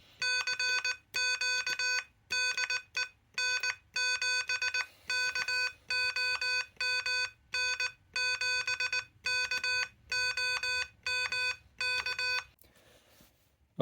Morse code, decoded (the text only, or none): CQ DE N7KOM N7KOM K